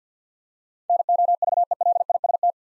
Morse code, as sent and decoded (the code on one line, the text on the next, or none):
-. --- ...- . .-.. .. ... -
NOVELIST